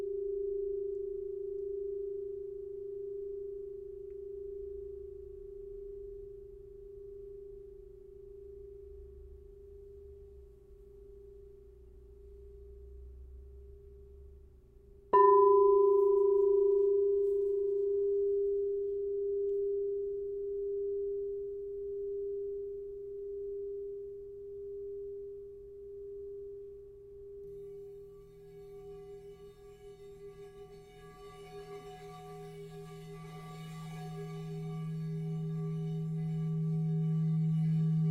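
A crystal singing bowl sustains a steady, pure mid tone with a slow, gentle pulsing swell. Around fifteen seconds it is struck, adding a sharp attack and a brief higher ring that fades. Near twenty-seven seconds a low hum joins and grows fuller toward the end.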